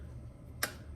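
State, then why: Seated. A screw in the threaded sheet-metal hole of a variac housing is backed out until its thread drops into the existing thread. Against a quiet low background, a single sharp snap sounds at 0.6 s as the thread drops in and the screw seats.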